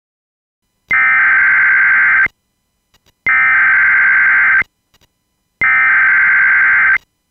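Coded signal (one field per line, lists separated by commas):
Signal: Emergency Alert System (SAME) tones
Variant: header bursts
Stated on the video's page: Fictional EAS scenario, simulated alert about the Moon crashing to Earth.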